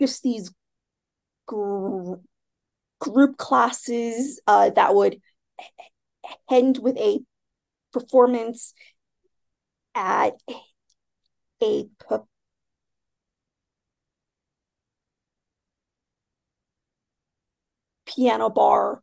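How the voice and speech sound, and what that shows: Adult woman's speech broken by prolonged sounds and long silent blocks mid-phrase, one nearly six seconds: stuttering.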